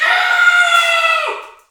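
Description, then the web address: Kudu scream: one harsh, tonal cry under two seconds, held steady on a rich stack of harmonics, then dipping and fading at the end. Bull scream. "Spectrasonics - Heart of Africa 1 Partition C 07 KUDU FX BULLSCREM"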